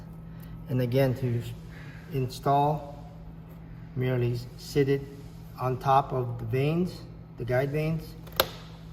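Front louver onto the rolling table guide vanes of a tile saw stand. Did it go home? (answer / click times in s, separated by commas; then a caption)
yes / 8.4 s. Someone talks while the angled front louver is set on top of the guide vanes of the rolling table on an iQTS244/iQMS362 tile saw stand and pressed down. A single sharp snap at 8.4 s marks the louver seating onto the guide vanes.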